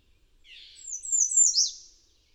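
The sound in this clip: Bird song: a soft lower note, then a bright, very high phrase of slurred whistles falling in pitch, lasting roughly a second.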